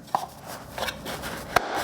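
A replacement lens hood is twisted onto the bayonet notches of a large telephoto lens until it seats snugly. Sharp clicks land at 0.2 s and 1.6 s, with a softer scrape of the turning hood around 0.8 s. No one talks in this stretch.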